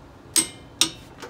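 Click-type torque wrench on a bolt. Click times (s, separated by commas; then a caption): 0.4 s, 0.8 s. A click-type torque wrench locked at 80 is pulled on a bolt until its mechanism breaks over, giving sharp metallic clicks at 0.4 s and 0.8 s, with a fainter tick near 1.2 s. The wrench clicks at its setting, confirming the torque is reached.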